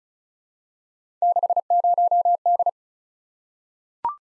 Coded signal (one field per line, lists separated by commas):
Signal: Morse code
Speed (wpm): 36 wpm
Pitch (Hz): 700 Hz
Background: none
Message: 60D